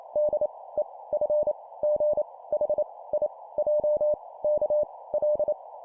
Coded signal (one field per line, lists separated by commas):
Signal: Morse code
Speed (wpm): 28 wpm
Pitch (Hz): 600 Hz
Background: none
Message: D E F G H I J K L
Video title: 25wpm Letters, cw morse code